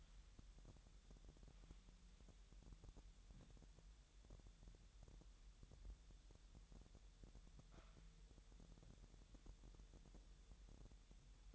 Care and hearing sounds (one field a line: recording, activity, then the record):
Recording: daily activity, microphone in the room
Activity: wipe stove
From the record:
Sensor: 3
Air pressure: 1000.8 hPa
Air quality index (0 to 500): 248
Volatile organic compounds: 174 ppm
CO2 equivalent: 4119 ppm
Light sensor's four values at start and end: 12/27/11/11 and 11/27/11/11